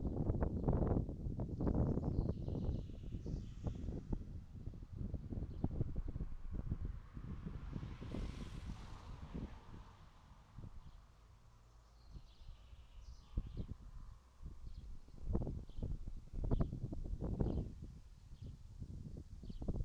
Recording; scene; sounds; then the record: everyday scene through a hearing-aid microphone; wind on the microphone; wind, traffic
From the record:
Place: in front of a rural house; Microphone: in the ear canal, right